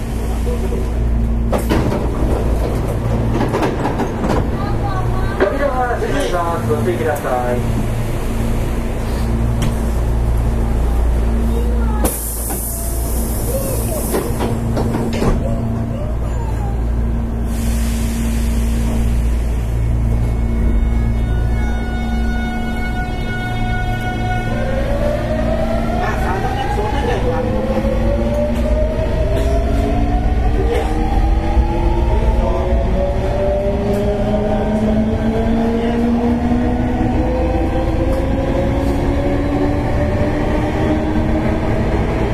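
A Hankyu 8000 series express train runs with a steady low rumble and hum, then a rising motor whine sweeps upward after twenty-five seconds.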